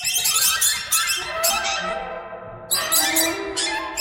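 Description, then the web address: Shrill, squeaky bird calls crowd together in a steady chatter, with a louder burst after a short lull. "soundfactory birds"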